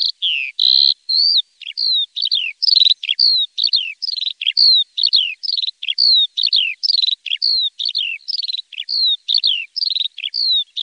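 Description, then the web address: Eurasian skylark singing a steady series of short, bright chirps and slurred whistles in a lively, rolling rhythm. "Faglar Sound Sanglarka"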